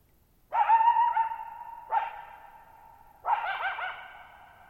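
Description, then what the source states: Coyote calling in a loud wavering howled bark, then two more barks, with echoes hanging between calls in near silence. Lone coyote at night, July 14, 2019, Thirtymile Meadows, Okanogan National Forest, Okanogan High Country, 6400 ft (1950 m); tall sharp mountains on a high, mostly dry plateau; shallow bowl-shaped meadow.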